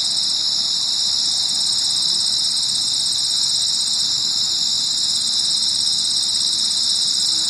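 Shrill, steady cricket trilling of rapid repeated pulses, a constant high ringing.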